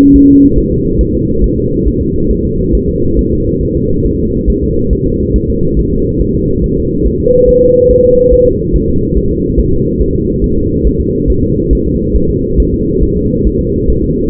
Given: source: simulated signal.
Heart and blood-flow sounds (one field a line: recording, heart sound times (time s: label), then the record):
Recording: fetal heart sounds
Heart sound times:
0.16 s: S1
0.30 s: S2
0.58 s: S1
0.72 s: S2
1.01 s: S1
1.15 s: S2
1.44 s: S1
1.58 s: S2
1.88 s: S1
2.01 s: S2
2.31 s: S1
2.45 s: S2
2.75 s: S1
2.89 s: S2
3.19 s: S1
3.33 s: S2
3.63 s: S1
3.77 s: S2
4.06 s: S1
4.20 s: S2
4.50 s: S1
4.64 s: S2
4.93 s: S1
5.07 s: S2
5.36 s: S1
5.50 s: S2
5.79 s: S1
5.93 s: S2
6.22 s: S1
6.35 s: S2
6.64 s: S1
6.78 s: S2
7.07 s: S1
7.20 s: S2
7.49 s: S1
7.63 s: S2
7.91 s: S1
8.05 s: S2
8.34 s: S1
8.47 s: S2
8.76 s: S1
8.89 s: S2
9.18 s: S1
9.31 s: S2
9.59 s: S1
9.73 s: S2
10.02 s: S1
10.16 s: S2
10.44 s: S1
10.58 s: S2
10.87 s: S1
11.01 s: S2
11.30 s: S1
11.44 s: S2
11.73 s: S1
11.87 s: S2
12.16 s: S1
12.30 s: S2
12.60 s: S1
12.74 s: S2
13.03 s: S1
13.17 s: S2
13.47 s: S1
13.61 s: S2
13.90 s: S1
14.04 s: S2
From the record:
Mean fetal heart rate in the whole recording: 140 bpm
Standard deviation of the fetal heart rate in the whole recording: 2 bpm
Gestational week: 34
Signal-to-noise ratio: -15.3 dB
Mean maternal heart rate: 72 bpm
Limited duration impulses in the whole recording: present